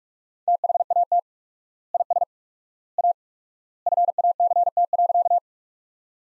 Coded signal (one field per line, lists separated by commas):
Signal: Morse code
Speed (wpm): 42 wpm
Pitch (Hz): 700 Hz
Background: none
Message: THAT IS A FACT.